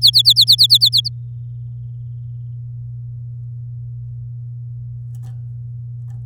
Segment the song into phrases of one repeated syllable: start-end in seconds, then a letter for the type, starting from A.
0.01-1.09 A